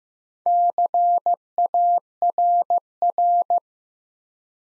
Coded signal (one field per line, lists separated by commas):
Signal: Morse code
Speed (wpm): 15 wpm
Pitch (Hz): 700 Hz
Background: none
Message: CARR